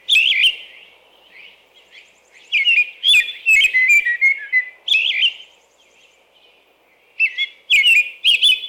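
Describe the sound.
American robin song: rich, slurred whistled phrases in clusters, with high squeaky notes and quiet pauses between groups.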